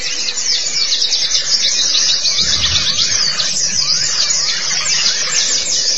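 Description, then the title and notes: White-eye song: thick, high-pitched chatter of rapid chirps, with a brief low rumble midway. Twittering song. "Kicauan Burung Pleci Durasi Panjang. Suara kicauan burung pleci"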